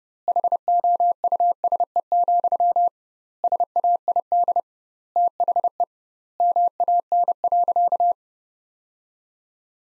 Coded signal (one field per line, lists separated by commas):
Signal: Morse code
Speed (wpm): 32 wpm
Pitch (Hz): 700 Hz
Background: none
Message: HOUSE, SAID THE MAN.